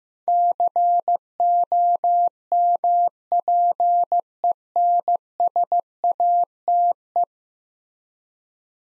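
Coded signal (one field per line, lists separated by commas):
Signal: Morse code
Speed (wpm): 15 wpm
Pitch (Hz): 700 Hz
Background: none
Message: COMPENSATE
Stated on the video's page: Head-copy drill of ten-letter words sent at 15 wpm, each word sent, then spoken, then sent again.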